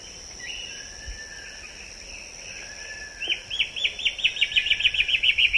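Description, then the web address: Black-chinned antbird giving a fast series of many clear chevron-shaped notes from just past halfway to the end, over a steady high insect whine and soft chirps. Recorded in the eastern lowlands of South America. "Natures Songs S America Eastern Lowlands. Black-chinned Antbird"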